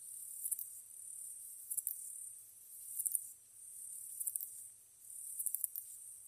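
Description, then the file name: Katydid song: high, thin clusters of rapid ticks every one to two seconds, with a soft steady hiss between the bursts. Recorded 15 August 2010 at 22:07. "ezotuyumusi 20100815-2207"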